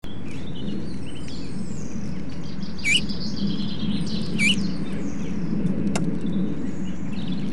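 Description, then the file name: Eurasian bullfinch calls: two soft, short whistled notes about one and a half seconds apart, over a steady low rumble of background noise. "Pyrrhula pyrrhula"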